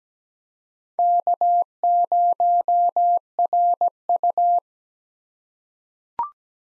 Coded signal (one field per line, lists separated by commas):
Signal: Morse code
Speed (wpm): 17 wpm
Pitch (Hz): 700 Hz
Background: none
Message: K0RU